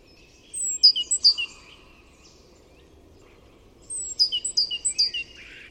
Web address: chant didier collin mesange charbonniere